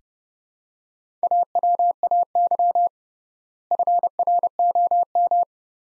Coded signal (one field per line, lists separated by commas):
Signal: Morse code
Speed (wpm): 30 wpm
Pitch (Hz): 700 Hz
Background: none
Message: AWAY FROM